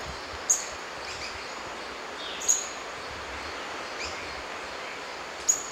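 White-browed foliage-gleaner giving sharp, very high clipped call notes, three, spaced unevenly about two to three seconds apart, over a steady broad hiss.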